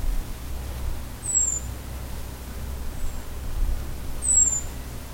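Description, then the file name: European robin giving high, thin, falling calls, two strong ones with a fainter one between, over a steady low-frequency rumble. "Erithacus rubecula"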